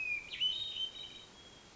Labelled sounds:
Hermit Thrush
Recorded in Sonoma County, California

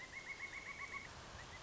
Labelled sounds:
Pileated Woodpecker
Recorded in Sonoma County, California

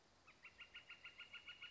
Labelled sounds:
Northern Flicker
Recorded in Sonoma County, California

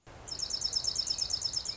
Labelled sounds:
Dark-eyed Junco
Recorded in Sonoma County, California

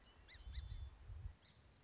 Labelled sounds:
Song Sparrow
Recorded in Sonoma County, California

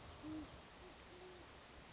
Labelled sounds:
Great Horned Owl
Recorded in Sonoma County, California

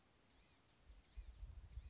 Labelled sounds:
Blue-gray Gnatcatcher
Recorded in Sonoma County, California

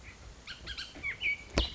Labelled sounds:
Bullock's Oriole
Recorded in Sonoma County, California

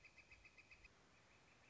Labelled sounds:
Northern Flicker
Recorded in Sonoma County, California

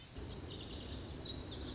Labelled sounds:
Lazuli Bunting
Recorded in Sonoma County, California

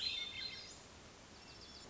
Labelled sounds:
Hermit Thrush
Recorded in Sonoma County, California

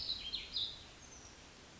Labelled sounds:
Oak Titmouse
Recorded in Sonoma County, California

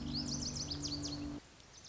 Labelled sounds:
Lazuli Bunting
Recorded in Sonoma County, California

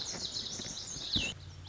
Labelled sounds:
Lazuli Bunting
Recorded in Sonoma County, California

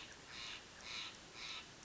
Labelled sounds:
Steller's Jay
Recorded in Sonoma County, California

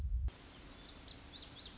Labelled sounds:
Lazuli Bunting
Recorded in Sonoma County, California

